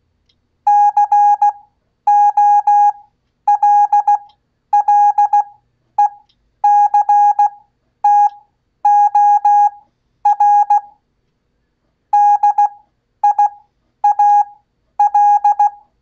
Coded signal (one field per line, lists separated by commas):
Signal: Morse code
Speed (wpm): 16 wpm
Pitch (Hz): 820 Hz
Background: none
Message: COLLECTOR DIAL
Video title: Ham Radio Live! Code 1 Show! Learn Morse Code (CW) In 60 Days Or Less! Watch Multiple Times To Grow!